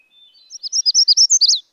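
Magnolia warbler delivering a single short song of bright, high slurred notes, preceded by a faint thin whistle, ending on a downslurred note.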